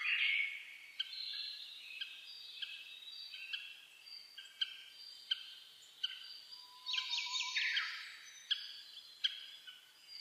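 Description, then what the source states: Birds singing together at dawn: repeated sharp high notes over layered whistles, with a loud tumbling phrase around the seventh second. Dawn chorus recorded 10 May 2010 at about 04:01.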